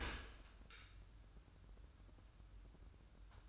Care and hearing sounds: daily activity, microphone in the room; open dishwasher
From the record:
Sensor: 2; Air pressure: 994.3 hPa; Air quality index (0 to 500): 212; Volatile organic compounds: 1000 ppm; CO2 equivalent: 7012 ppm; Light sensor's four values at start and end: 105/250/105/106 and 109/261/109/111

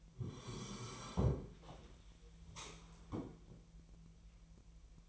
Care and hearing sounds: daily activity, microphone in the room; sit down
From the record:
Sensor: 1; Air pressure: 1001.7 hPa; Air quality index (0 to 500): 247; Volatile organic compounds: 118 ppm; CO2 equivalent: 3863 ppm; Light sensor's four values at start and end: 11/27/11/12 and 11/28/11/13

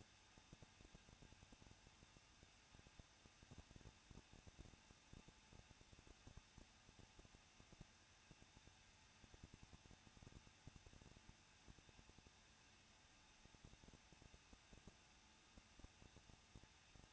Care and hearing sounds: daily activity, microphone in the room; no activity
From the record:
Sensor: 2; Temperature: 21.0 degrees Celsius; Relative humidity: 37.5%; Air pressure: 1006.3 hPa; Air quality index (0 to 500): 223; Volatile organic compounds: 25 ppm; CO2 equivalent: 2837 ppm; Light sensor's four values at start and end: 2/3/2/2 and 2/3/2/2

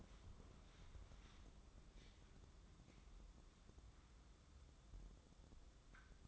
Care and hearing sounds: daily activity, microphone in the room; wipe stove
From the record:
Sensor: 3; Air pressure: 996.1 hPa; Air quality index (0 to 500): 92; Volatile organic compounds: 11 ppm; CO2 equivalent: 2278 ppm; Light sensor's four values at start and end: 25/79/33/27 and 25/79/33/27

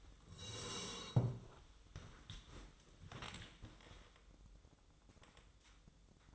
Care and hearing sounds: daily activity, microphone in the room; sit down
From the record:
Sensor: 3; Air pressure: 1005.4 hPa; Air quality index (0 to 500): 96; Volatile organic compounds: 3 ppm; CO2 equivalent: 1502 ppm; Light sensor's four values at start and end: 8/17/7/7 and 10/22/9/9

